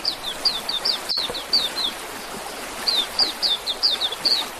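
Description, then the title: Oriental magpie-robin singing two quick runs of high, clipped whistled notes that slur downward, separated by a second-long gap, over constant hiss and a single click. "Kicau Kacer"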